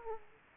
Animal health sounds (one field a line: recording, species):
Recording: mosquito wingbeat signal from an infrared sensor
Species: Aedes aegypti